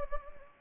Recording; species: mosquito wingbeat signal from an infrared sensor; Anopheles gambiae